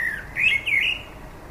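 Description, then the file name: Common blackbird song: a brief mellow warbled whistle, rising and falling in three quick phrases. "Turdus merula"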